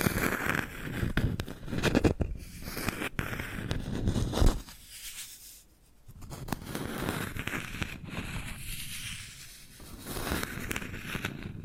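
Bamboo being tapped, scratched and brushed, with dense crackling scrapes and sharp clicks through most of the clip. Several crisp taps land around the second and third seconds, and the activity drops to a quieter, thinner rustle near five to six seconds before picking up again.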